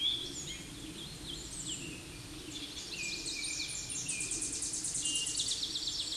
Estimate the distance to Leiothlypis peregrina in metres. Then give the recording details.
about 20 m. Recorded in a Pennsylvania forest on 16 May 2024 at 07:36. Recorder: AudioMoth, point MSD-2453. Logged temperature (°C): 16.3 °C. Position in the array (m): 213 m, 159 m